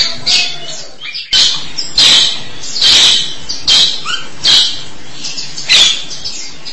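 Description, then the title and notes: Starling giving harsh, scratchy bursts of high-pitched noise, repeated roughly every second with brief gaps between them. "suara burung jalak"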